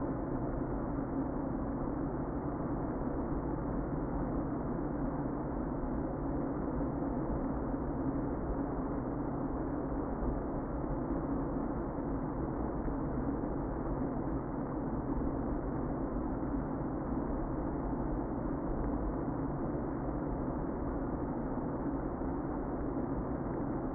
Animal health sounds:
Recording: honeybee colony, microphone inside the hive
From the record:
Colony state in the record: queen present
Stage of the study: before two queens were removed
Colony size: about 60,000 bees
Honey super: yes

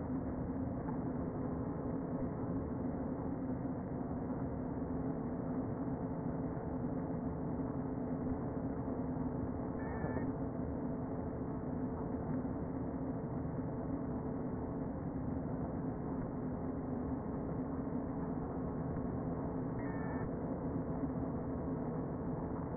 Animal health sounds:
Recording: honeybee colony, microphone inside the hive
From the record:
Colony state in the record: queen present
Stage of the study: before two queens were removed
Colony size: about 60,000 bees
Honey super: yes

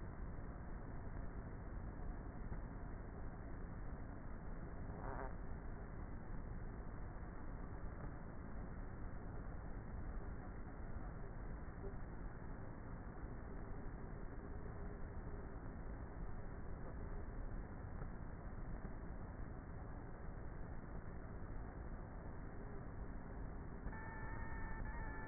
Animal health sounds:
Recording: honeybee colony, microphone inside the hive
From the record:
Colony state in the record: queenless with a low population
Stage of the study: before two queens were removed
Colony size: about 30,000 bees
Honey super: no

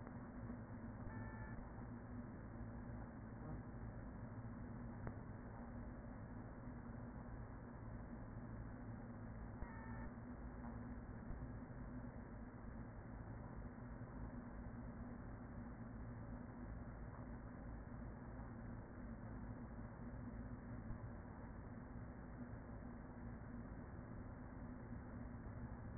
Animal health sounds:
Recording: honeybee colony, microphone inside the hive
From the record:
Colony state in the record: queen present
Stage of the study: after two queens were removed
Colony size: about 40,000 bees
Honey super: no

